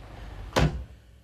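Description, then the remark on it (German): A car door shuts once with a solid, heavy thump that rings briefly and fades, heard alone over a faint steady background hum. “Seien Sie ruhig und machen Sie die Tür zu.”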